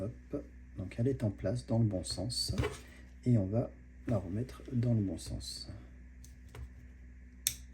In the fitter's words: Hop, un petit clic